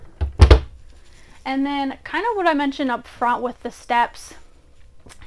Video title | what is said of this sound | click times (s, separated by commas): Explore this Weeks Difference as we show you the 2022 Ventana Diesel 4326. | and then you'll push it back in and here click | 0.2 s, 0.5 s